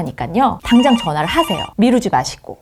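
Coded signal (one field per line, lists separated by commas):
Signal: none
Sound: phone ringing tone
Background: speech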